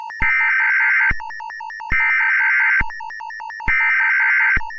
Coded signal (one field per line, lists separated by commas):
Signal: Emergency Alert System (SAME) tones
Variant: header bursts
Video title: EAS Alarm: VV got Furious - Part 2